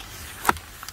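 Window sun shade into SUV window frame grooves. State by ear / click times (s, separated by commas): seated / 0.5 s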